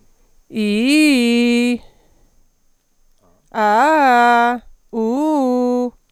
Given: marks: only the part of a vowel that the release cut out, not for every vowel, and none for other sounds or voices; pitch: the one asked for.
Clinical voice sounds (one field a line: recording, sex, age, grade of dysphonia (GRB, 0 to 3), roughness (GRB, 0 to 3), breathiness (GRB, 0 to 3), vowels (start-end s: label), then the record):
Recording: sustained vowels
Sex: female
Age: 40 to 49 years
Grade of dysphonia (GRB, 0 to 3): 1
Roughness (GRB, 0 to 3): 1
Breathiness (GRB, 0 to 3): 0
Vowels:
0.67-1.64 s: vowel /i/, low-high-low pitch
3.62-4.50 s: vowel /a/, low-high-low pitch
5.05-5.81 s: vowel /u/, low-high-low pitch
From the record:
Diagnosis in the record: recurrent laryngeal nerve paralysis, Reinke's edema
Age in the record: 45 years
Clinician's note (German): Links mit Kompensation; Reinke-Ödem beidseitig, relativ ausgeprägt